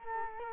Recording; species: mosquito wingbeat signal from an infrared sensor; Culex quinquefasciatus